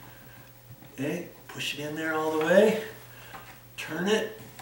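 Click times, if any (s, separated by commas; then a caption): none. Someone talks while a plastic Kidde hard-wired smoke alarm body is pushed up onto its ceiling mounting plate and turned, with a faint tap near 4.6 s. The clip ends before the alarm goes home; nothing has seated or clicked yet.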